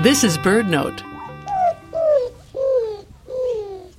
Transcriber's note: Greater Roadrunner song